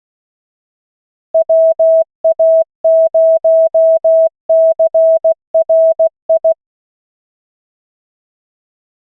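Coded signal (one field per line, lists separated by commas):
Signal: Morse code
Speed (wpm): 16 wpm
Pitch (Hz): 650 Hz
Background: none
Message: WA0CRI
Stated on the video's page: Morse callsign practice drill at 16 WPM from an online CW trainer.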